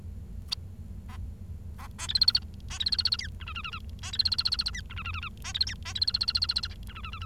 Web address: nccratliri vad-multi-species. bengalese finch